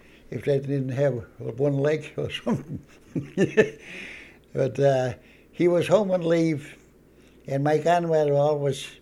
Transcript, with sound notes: if they didn't have one leg or something. ( he laughs ) But he was home on leave and my grandmother always